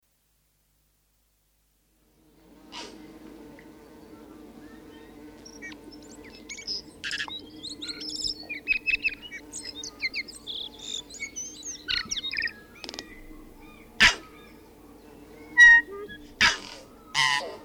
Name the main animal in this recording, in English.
Tūī